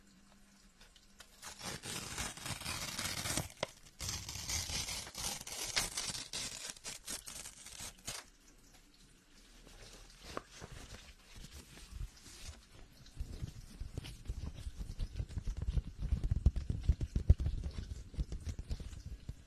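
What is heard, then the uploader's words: Office sounds: a low hum at the start, then a dense rustling burst of shuffled paper from about two to eight seconds. After a quieter stretch, rapid uneven tapping and clicking builds from about twelve seconds, heavy in the lows, like busy typing. Office sounds.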